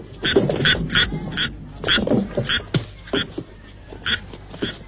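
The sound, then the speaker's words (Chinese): Frogs croaking in a quick, uneven series of about ten harsh, raspy calls, fairly loud and nasal, with a faint low hum underneath and no talking. “哪儿的青蛙？”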